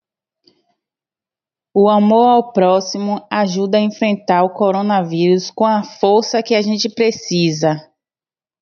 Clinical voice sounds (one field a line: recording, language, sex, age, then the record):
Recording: spoken sentence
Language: Brazilian Portuguese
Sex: female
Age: 30 to 39 years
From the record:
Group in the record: control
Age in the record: 32 years